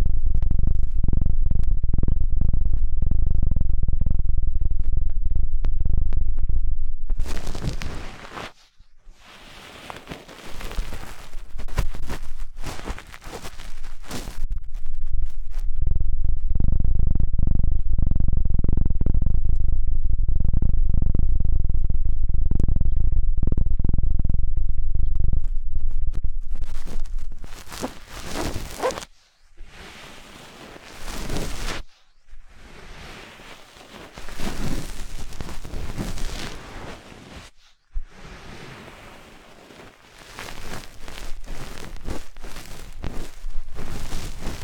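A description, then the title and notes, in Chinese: A 3D helicopter-style whoosh sweeps through the head alongside intense ear-cleaning sounds. A deep, heavy rumble fills the opening seconds, then bright scratchy rubbing bursts break in and mix with the rumble. The last third is mostly crackly scraping with short silent gaps. 3D颅内直升机 穿过大脑的强力掏耳。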